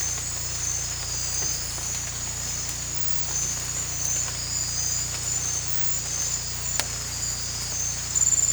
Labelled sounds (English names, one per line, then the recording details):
none
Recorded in dense forest near Puerto Asís, Putumayo, Colombia, on 16 December 2024 at 02:00
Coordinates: 0.468, -76.322
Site G071